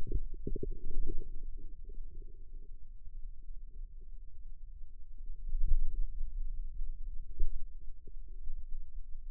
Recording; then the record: forearm muscle sounds (acoustic myography)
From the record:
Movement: radial deviation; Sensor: system 2, bracelet of six BSWA MPA416 microphones around the upper forearm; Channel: 5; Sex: male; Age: 22 years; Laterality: right